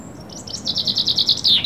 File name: Summer Afternoon In the Countryside - Birds Calling